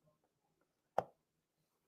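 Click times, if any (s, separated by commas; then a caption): 1.0 s. A DSI display ribbon cable is slid into its board connector, and the latch is pressed down with both thumbs. A single sharp click at 0.99 s marks the latch seating and locking the cable. The rest of the clip is quiet apart from faint low handling noise.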